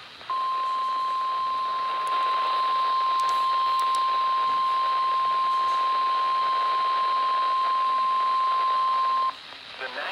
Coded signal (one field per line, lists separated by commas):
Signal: Emergency Alert System (SAME) tones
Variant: 1050 Hz attention tone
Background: speech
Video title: PDS Tornado Warning | NOAA Weather Radio 04/13/19